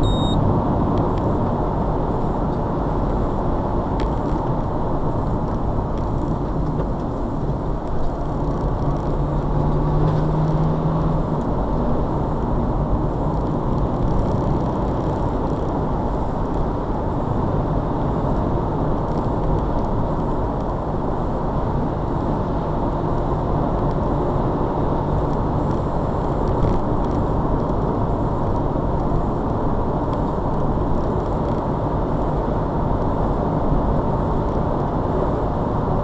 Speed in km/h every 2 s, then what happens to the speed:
82, 82, 72, 66, 63, 68, 71, 74, 76, 81, 81, 81, 84, 82, 79, 77, 81, 84.
2-8 slows to 63. 8-18 speeds up to 81. 18-26 steady at about 81. 31-36 speeds up to 84.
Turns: none.